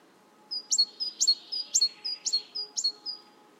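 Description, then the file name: Great tit two-note song: a high thin whistle dropping to a lower note, the pair repeated several times at a steady half-second rhythm over faint low background hum. "Parus major"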